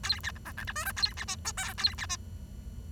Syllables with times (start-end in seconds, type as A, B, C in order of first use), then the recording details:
0.03-0.20 A, 0.23-0.31 B, 0.35-0.38 C, 0.45-0.52 D, 0.57-0.64 E, 0.67-0.72 F, 0.75-0.85 G, 0.85-0.92 H, 0.96-1.13 A, 1.17-1.24 B, 1.27-1.36 I, 1.45-1.51 J, 1.57-1.73 K, 1.78-1.94 A, 1.98-2.06 B, 2.09-2.16 I. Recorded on 23 June 2012 at 07:54. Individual gr41rd51